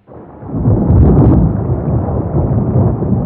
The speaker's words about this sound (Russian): К довершению несчастья началась гроза.